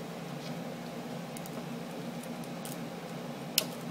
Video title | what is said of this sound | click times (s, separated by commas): VF-171 Transform from Fighter to Battroid | until I hear a click | 3.6 s